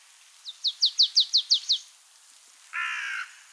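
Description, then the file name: Marsh tit calling: a quick run of several sharp, high, downslurred notes, then a single harsh, nasal buzzy note after a short pause. "Poecile palustris"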